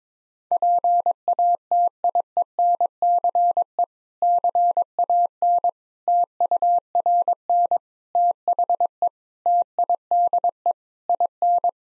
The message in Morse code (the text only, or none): PATIENCE CAN TURN THE TIDE IN